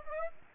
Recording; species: mosquito wingbeat signal from an infrared sensor; Aedes aegypti